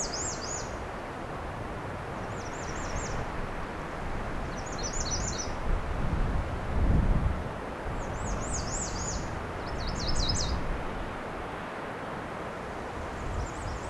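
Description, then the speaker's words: American redstart song: short high phrases repeated every few seconds over steady low rumbling noise. Soundscape of several American redstarts recorded along the shoreline of Lake Huron. "After the credits, you'll be hearing a soundscape of some American redstarts that I recorded along the shoreline of Lake Huron."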